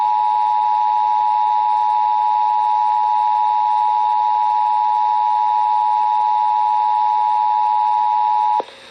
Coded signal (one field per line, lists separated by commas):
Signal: Emergency Alert System (SAME) tones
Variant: 853 and 960 Hz attention tone